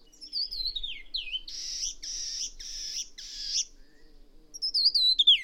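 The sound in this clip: Bird with a few slurred falling whistles, then four harsh rasping bursts in a row, ending with another descending whistled phrase.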